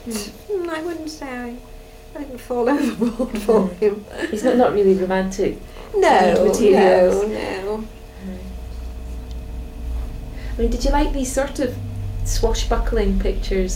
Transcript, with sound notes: Mhm, I wouldn't say I, I wouldn't fall overboard for him. [laughs]
Yeah. He's not really romantic.
No, no, no.
I mean did you like these sort of swashbuckling pictures?